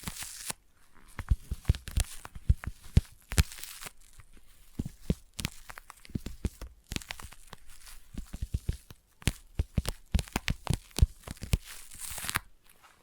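Sticky tapping and sticky trigger sounds, made of quick, uneven taps and peeling, tearing snaps that come in dense bursts throughout. Some pops land with a low thump, and stretches of crackly hiss fill the gaps, especially near the start and end.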